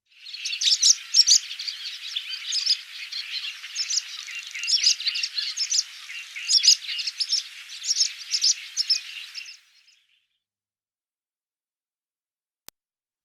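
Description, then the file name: Barn swallow twittering densely for about nine seconds, overlapping high chirps and scratchy warbles, then silence with a single click near the end. "hirondelle rustique"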